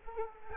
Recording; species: mosquito wingbeat signal from an infrared sensor; Culex quinquefasciatus